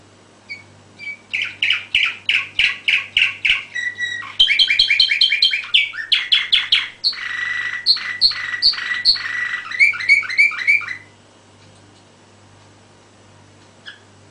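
Canary song: a long sequence of rapid repeated chirps changing tempo and pitch across several tours, ending after about eleven seconds, with a low steady hum underneath.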